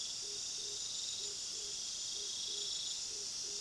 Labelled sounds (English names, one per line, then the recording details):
none
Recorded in pastures near Puerto Asís, Putumayo, Colombia, on 19 February 2024 at 20:30
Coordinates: 0.497, -76.327
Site G7276